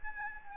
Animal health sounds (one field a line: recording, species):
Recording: mosquito wingbeat signal from an infrared sensor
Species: Aedes albopictus